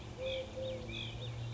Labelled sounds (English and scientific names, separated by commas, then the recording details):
Eurasian Collared Dove (Streptopelia decaocto)
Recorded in Sonoma County, California